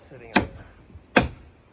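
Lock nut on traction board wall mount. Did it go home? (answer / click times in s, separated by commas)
yes / 1.2 s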